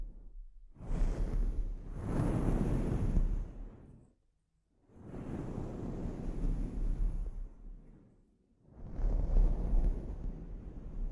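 A scalp treatment session comes through as three long, rushing surges of sound, each lasting about three seconds and separated by short near-silent gaps. The rushing is dense and full, with a steady low rumble underneath and a faint high hiss on top.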